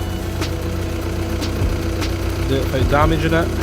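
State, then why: Not seated. A plastic contact cover is lined up carefully over a wiring connector on an Audi Q3 TDI so it is not damaged, before being pushed home. A steady low hum runs throughout with a few faint ticks, and someone talks near the end. Nothing has seated or clicked yet.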